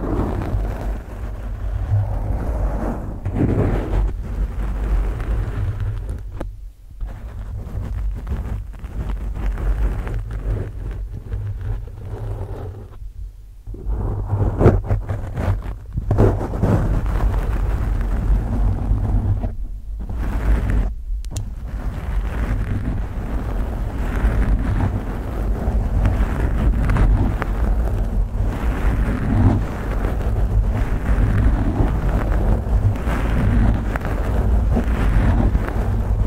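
Long nails scratch in a dense, rough, rumbling texture over a steady low hum, pausing briefly near seven, thirteen and twenty seconds.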